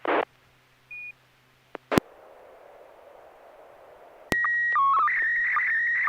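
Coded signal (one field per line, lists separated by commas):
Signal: SSTV (slow-scan television)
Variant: PD120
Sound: short squelch bursts, hiss, then steady 1.9 kHz leader tone, stepping tones, warbling scan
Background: FM repeater squelch noise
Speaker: go ahead and send a picture when you're ready Joel thank you in 6mf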